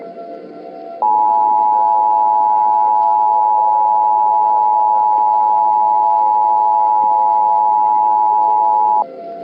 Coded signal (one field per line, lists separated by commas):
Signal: Emergency Alert System (SAME) tones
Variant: 853 and 960 Hz attention tone